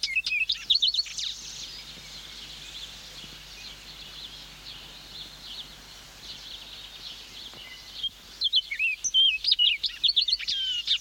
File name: orchardoriole